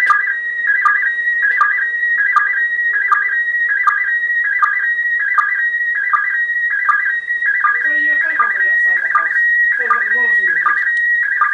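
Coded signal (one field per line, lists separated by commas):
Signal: SSTV (slow-scan television)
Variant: PD180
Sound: warbling whistle-like tone near 2 kHz with a short low blip every three quarters second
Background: background voices, room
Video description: Slow Scan TV (SSTV) received in Southern England (West Sussex) from the International Space Station on the evening of 31 January 2015.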